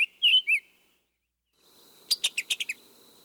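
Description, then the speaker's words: Summer tanager with a few whistled song notes followed by a rapid run of about six sharp clicking call notes. Song and diagnostic call note, a rapid picky-tucky-tuck. "Here once more are the song and call notes of the summer tanager."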